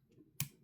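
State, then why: Seated. A 3D-printed plastic mesh backer is slid up from the bottom of an AMS 2 Pro desiccant pack box until it snaps into place. A single sharp, loud click is heard at 0.4 s over a quiet low background. The backer is seated.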